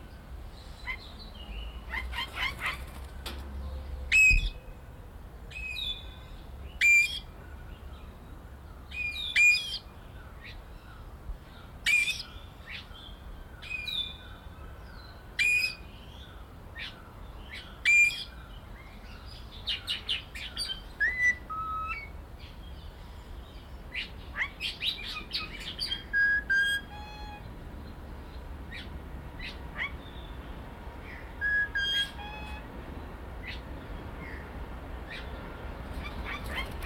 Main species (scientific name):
Mino anais